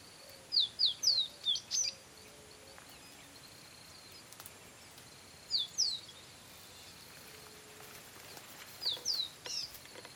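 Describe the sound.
Copper seedeater gives short bursts of high, thin notes, separated by pauses of several seconds, over a steady background hiss.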